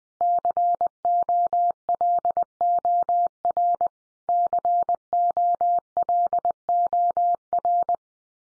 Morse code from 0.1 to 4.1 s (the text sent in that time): COLOR